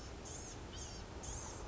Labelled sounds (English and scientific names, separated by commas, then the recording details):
Blue-gray Gnatcatcher (Polioptila caerulea)
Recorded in Sonoma County, California